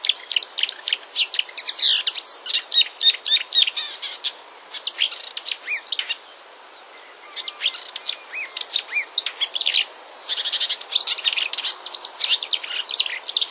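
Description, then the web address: Marsh warbler song: rapid varied chatter and whistles, broken by two short pauses. "wroblowe kolekcja lozowka"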